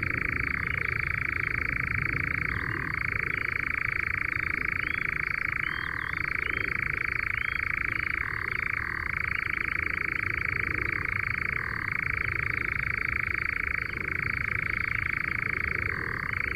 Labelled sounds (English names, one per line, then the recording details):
Eurasian Nightjar song
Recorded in the wild
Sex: male
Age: adult
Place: Schönow, Naturpark Barnim, Brandenburg, DE
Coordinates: 52.6903, 13.4997
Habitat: heather
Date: 2013-06-07 22:05
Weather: clear, windless, 15°C
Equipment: Sound Devices 702, Sennheiser MKH 70, Rycote Windschutz
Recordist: Frommolt, Karl-Heinz
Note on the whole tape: Trockenfläche im Naturschutzgebiet Schönower Heide: Gesang eines Ziegenmelkers mit Flügelklatschen am Schluss. Tier sang auf Kiefer. Entfernung 32 m